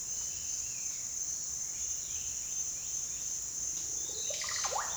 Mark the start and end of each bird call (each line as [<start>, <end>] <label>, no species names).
[4.05, 4.96] bird call